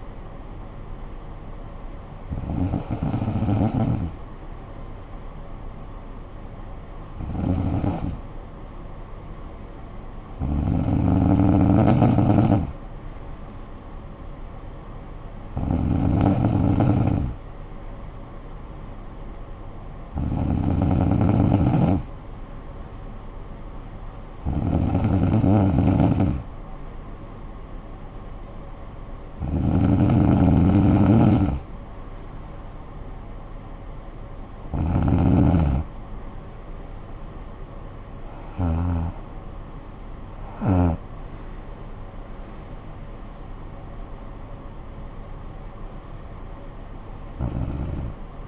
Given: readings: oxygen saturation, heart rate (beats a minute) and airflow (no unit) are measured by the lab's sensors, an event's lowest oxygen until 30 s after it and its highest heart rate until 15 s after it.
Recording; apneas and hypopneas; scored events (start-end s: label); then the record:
breathing in sleep by a smartphone at the bedside; none
13.00-43.00 s: new sleep stage, N3 (deep sleep)
43.00-48.47 s: new sleep stage, N2 (light sleep)
From the record:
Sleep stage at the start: N2 (light sleep); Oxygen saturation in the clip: 94 to 95%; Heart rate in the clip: 51 to 70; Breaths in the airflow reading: 10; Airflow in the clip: -12.6 to 9.1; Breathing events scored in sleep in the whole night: 445 in 7.6 hours asleep